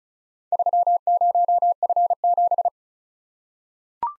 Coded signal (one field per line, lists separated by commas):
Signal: Morse code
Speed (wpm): 36 wpm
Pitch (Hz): 700 Hz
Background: none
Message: 30F7